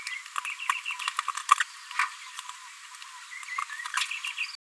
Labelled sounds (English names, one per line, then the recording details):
Green-rumped Parrotlet babbling
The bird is a female
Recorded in a nest box in Venezuela
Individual 17B73B2